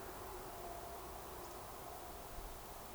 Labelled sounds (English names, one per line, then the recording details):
Eurasian Woodcock whistle
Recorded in Baden-Württemberg, Germany, on 29 June 2020 at 02:28 UTC
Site 43791, 788 m above sea level